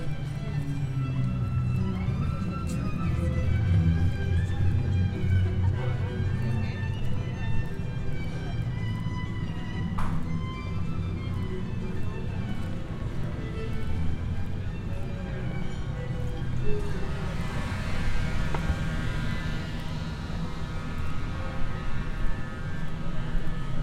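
A walk through the historic city of Bath, with steady crowd chatter and passing traffic, a sharp knock near ten seconds and brighter hiss later.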